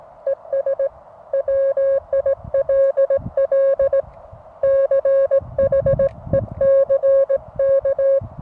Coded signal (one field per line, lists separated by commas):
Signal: Morse code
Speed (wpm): 18 wpm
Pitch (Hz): 540 Hz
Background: music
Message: ES WILL CHECK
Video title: Morse Code en Provence.